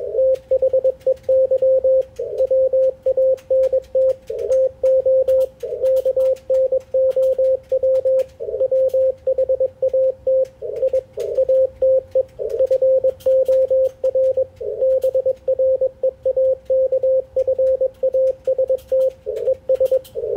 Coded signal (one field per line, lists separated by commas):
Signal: Morse code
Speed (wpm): 21 wpm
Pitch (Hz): 520 Hz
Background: radio noise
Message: THEY WANT TO KNOW WHAT I ATE FOR BREAKFAST ES